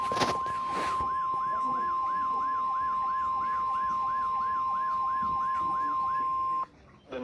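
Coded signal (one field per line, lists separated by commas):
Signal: Emergency Alert System (SAME) tones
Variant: 1050 Hz attention tone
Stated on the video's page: Two River Flood Warnings back to back, one originating from Louisville and one from Wilmington.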